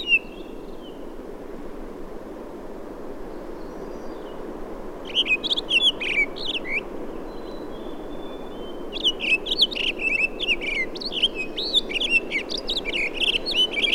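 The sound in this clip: Townsend's solitaire: songbird song in bursts: a short twittering phrase, a pause with faint notes, then a longer run of rapid, varied high warbles over a steady low background hum.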